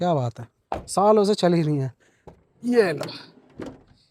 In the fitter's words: लेकिन नहीं भाई यह लॉक हो जाता है यहां पर।